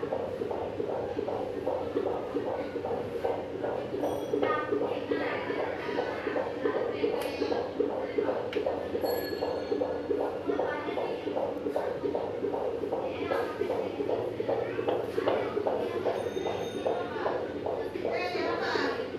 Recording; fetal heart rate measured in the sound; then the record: fetal heartbeat by stethoscope microphone, probably a fetal Doppler's sound; 154 bpm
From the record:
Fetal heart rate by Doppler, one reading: 150 bpm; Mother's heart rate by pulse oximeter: 100 bpm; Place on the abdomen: middle bottom of abdomen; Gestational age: 36+ weeks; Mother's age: 26 years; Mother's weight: 72 kg